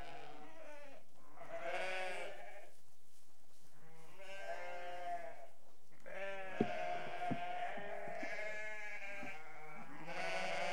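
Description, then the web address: Sheep bleating in a steady overlapping chorus of wavering calls, with a few soft knocks in the middle. Restless sheep. "BBC Sound Effects Library BBC Animals and Birds Sheep Restless"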